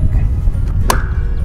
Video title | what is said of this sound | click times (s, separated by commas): How I made mini blinds for my minivan | when I fit this in place you'll actually be able to hear it click | 0.9 s